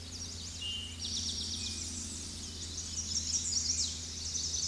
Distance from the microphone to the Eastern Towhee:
about 20 m